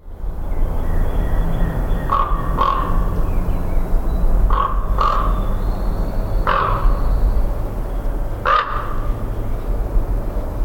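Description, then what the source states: Common Raven giving harsh, hoarse croaks, single or in quick pairs, spaced roughly every two seconds over a steady low rumble. Recorded at Carden Alvar, Ontario, in August 2026.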